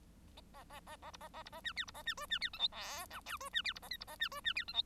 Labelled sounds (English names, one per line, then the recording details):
Bengalese Finch song
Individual Bird1